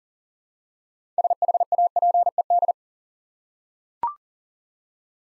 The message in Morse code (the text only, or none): SHAPED